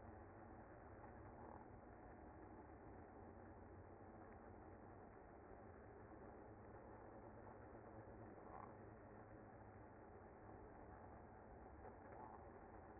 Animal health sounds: honeybee colony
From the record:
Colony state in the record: active

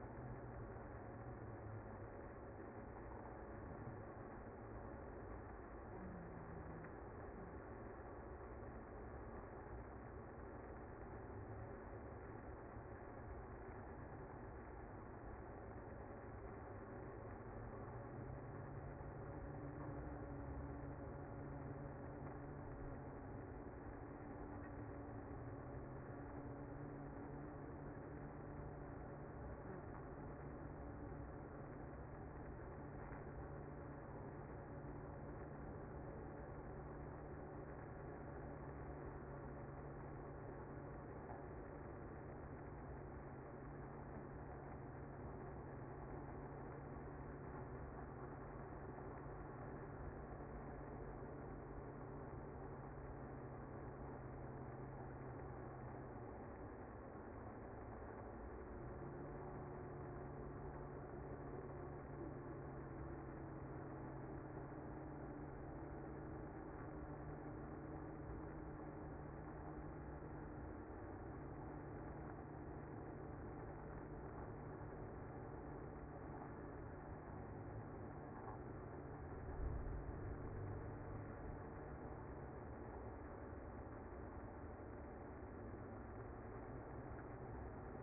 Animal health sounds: honeybee colony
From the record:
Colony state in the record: active

